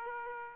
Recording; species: mosquito wingbeat signal from an infrared sensor; Aedes aegypti